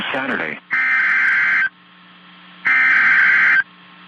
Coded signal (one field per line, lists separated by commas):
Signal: Emergency Alert System (SAME) tones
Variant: header bursts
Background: speech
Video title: Oh Jacksonville... EAS Alerts From 2/6/21 (EAS #161 - #165)